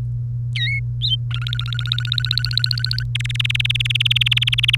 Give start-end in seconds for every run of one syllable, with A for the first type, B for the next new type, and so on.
0.56-0.80 A, 1.31-3.03 B, 3.15-4.75 C